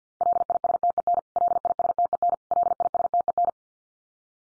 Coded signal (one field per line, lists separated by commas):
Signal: Morse code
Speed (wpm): 50 wpm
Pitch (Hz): 700 Hz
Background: none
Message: LISTEN LISTEN LISTEN